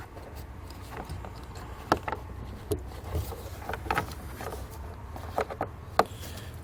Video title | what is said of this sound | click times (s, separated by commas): etrailer - Curt T-Connector Vehicle Wiring Harness Installation - 2016 Jeep Renegade | We'll plug them in, make sure they lock into place. | 1.9 s, 6.0 s